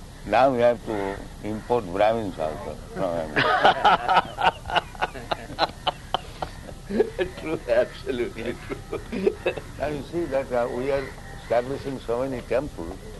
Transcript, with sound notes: Now you have to import brāhmaṇas also from America." [laughter]
True, absolutely true.
Now you see that we are establishing so many temples.